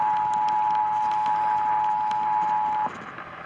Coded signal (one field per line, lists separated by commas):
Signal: Emergency Alert System (SAME) tones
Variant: 853 and 960 Hz attention tone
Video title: THEN A RISK OF TEXAS EAS#400!!! EAS Alerts from 6/23/23 (EAS#375 & 401)